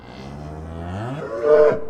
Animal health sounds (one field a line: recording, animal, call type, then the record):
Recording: contact call of a hoofed animal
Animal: cattle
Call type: low-frequency (closed-mouth) or high-frequency (open-mouth) call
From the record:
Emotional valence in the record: negative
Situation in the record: full separation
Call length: 1.90 s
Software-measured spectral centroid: 1050 Hz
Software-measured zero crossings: 1110 a second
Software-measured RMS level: -20 dBFS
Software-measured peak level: -3 dBFS